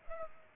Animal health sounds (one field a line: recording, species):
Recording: mosquito wingbeat signal from an infrared sensor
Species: Culex pipiens